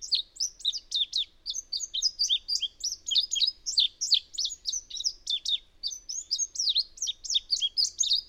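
Bird singing a long continuous warble of quick, high-pitched chirps and trilled notes without any pause.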